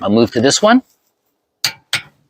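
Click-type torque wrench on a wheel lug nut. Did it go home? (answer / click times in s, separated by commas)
yes / 1.7 s, 1.9 s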